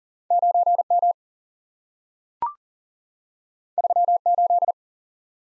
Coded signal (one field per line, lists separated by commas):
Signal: Morse code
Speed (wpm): 40 wpm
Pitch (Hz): 700 Hz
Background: none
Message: 9 M 3 8